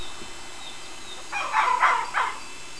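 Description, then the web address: Fox barking, three hoarse, raspy yelps in quick succession after a second of quiet, with a faint steady hiss throughout. "fox foxsound"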